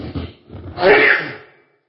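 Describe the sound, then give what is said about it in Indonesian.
A single sneeze: a brief, breathy intake followed by a loud, hissing burst that trails off quickly into silence. “Alhamdulillah. Yahdikumullahu wa yuslihu balakum.”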